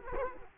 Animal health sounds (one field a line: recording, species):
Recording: mosquito wingbeat signal from an infrared sensor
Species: Culex quinquefasciatus